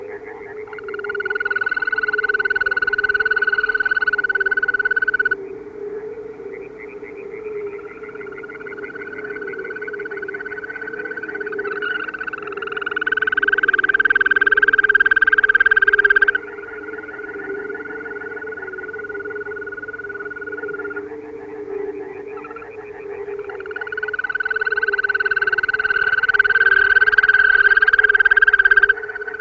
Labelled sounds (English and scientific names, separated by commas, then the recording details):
Green Toad (Bufo viridis) call
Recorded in the wild
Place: Darscho-Lacke, AT
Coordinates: 47.7736, 16.8428
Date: 1972-05-07
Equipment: Uher Report 4200, AKG D190C in Doppel-Parabolreflektor
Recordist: Krey, Winfried